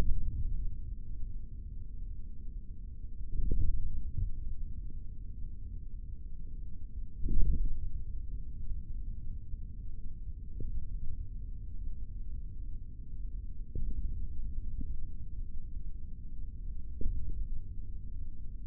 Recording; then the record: forearm muscle sounds (acoustic myography)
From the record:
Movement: index flexion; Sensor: system 3, bracelet of six PUI Audio POM-2738L microphones around the upper forearm, with dedicated amplification and filtering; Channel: 2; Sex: male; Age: 25 years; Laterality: right